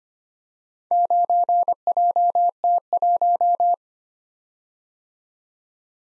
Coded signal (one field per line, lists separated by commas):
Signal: Morse code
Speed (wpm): 25 wpm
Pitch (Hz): 700 Hz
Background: none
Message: 9JT1